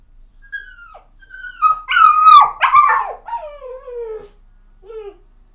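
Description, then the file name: Dog, a puppy, whining and howling in drawn-out tonal cries that rise, waver and slide downward, growing louder midway and ending with a short, soft whimper. "Jake The Puppy"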